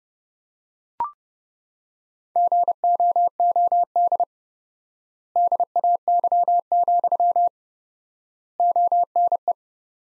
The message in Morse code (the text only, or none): GOOD DAY, ONE